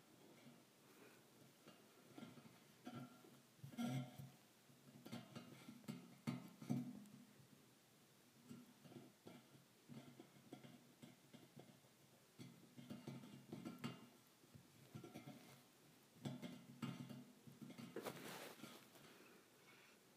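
Metal bars tap against metal in uneven bursts throughout, with short clusters of strikes near 4, 6–7, 14 and 17–18 seconds. Each hit leaves a brief low ring, and between clusters there are softer scrapes and light clinks.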